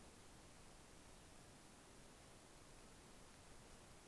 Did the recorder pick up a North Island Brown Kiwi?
no